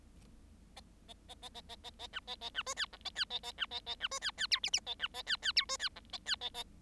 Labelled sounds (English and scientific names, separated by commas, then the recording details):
Bengalese Finch (Lonchura striata domestica) song
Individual Bird7